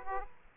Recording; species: mosquito wingbeat signal from an infrared sensor; Aedes aegypti